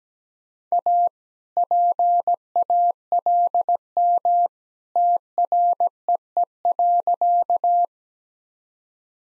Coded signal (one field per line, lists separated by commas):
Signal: Morse code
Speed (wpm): 17 wpm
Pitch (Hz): 700 Hz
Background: none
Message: A PALM TREE.